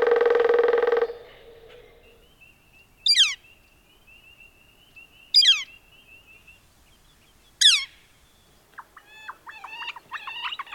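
Northern flicker calls: three sharp, loud notes sweeping steeply downward, about two seconds apart, after a brief harsh burst, with a thin steady tone and other chirping birds in the background.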